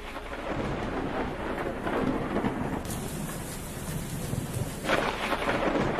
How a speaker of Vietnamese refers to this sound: Kèm theo là một tiếng sấm vang trời, nó như là một lời ai oán của người bần cố nông vang lên trong cơn mưa đêm lạnh lẽo.